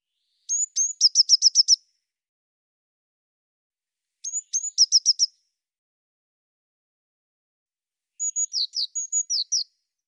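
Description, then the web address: Eurasian blue tit: two whistle-and-trill phrases of high thin notes and fast buzzy notes, then a varied phrase of paired whistles and down-slurred notes. "cianscape birddata Deverinetal 2025 File cleaned normalized Bird Cy Ca"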